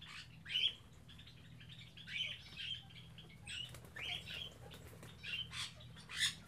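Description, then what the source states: Birds with rough, grating squawks and short chirps in uneven bursts, separated by brief quieter gaps, over a low steady hum. Captive birds kept in an aviary on Spetses.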